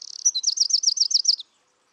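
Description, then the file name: Eurasian wren giving a short, high, rapid trill of repeated bright notes, just over a second long, then silence. "Troglodytes troglodytes"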